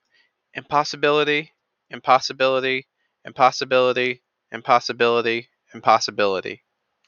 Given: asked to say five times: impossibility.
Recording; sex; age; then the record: repeated word; male; 20 to 29 years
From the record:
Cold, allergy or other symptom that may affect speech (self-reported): no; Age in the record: 28 years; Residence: New York, United States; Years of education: 16